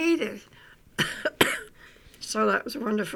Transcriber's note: she coughs